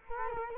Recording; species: mosquito wingbeat signal from an infrared sensor; Culex quinquefasciatus